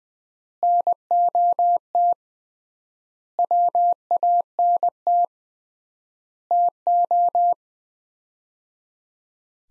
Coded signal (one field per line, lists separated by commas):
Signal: Morse code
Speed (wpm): 21 wpm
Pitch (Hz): 700 Hz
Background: none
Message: NOT WANT TO